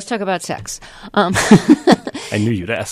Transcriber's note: laughter